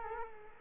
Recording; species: mosquito wingbeat signal from an infrared sensor; Culex quinquefasciatus